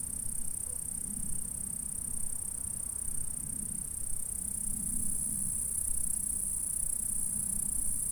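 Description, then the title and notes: Insects: continuous high, shimmering stridulation from insects with no pauses, accompanied by a faint low-pitched rumble. "M3XG+CF Saint-François-de-Sales, France - insectes. Stridulations dans la prairie. Enregistreur ZoomH4 en 96khz 24bits"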